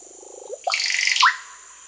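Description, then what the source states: Russet-backed oropendola song: low bubbling gurgle, then a loud rich liquid burst and a sharp rising whistle, over a steady high insect hum. Recorded in South America.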